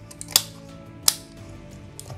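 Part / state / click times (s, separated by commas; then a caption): CPU cooler push pins into motherboard mounting holes / partly seated / 0.4 s, 1.1 s. More push pins of a CPU cooler are pressed into the motherboard mounting holes, giving sharp clicks at 0.4 s and 1.1 s with a few fainter ticks around them. One pin is then found not seated, so the cooler is only partly mounted.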